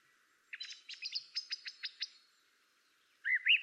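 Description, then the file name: Song thrush song: a quick run of sharp, clicking notes followed by a pause and two loud, slurred whistled notes. "drozd spiewak peter boesman. zanglijster"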